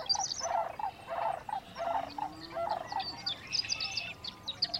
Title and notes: Sierra Valley Marsh, June 24, 2023, 5:33am. sandhill cranes. dawn chorus. Sierra Valley Marsh near Portola, California. Nature Sound Society